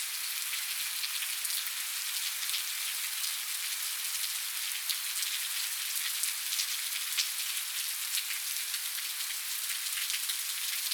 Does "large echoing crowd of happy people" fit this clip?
no